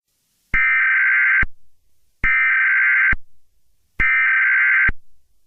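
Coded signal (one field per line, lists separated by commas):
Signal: Emergency Alert System (SAME) tones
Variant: header bursts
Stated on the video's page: Fictional EAS scenario, not a real alert.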